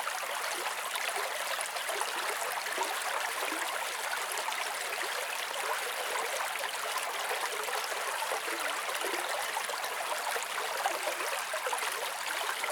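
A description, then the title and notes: A spring babbles steadily and close by, a dense, unbroken rush of bright splashing and trickling with little low rumble. The flow holds an even level throughout, with tiny gurgles and droplet splashes flickering within it and no other sounds. Babbling Crystal Springs.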